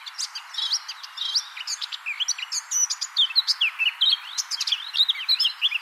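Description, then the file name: Eurasian blackcap song, a dense run of scratchy, twittering notes with quick chirps and short whistles, almost continuous for the whole stretch. "Sylvia atricapilla"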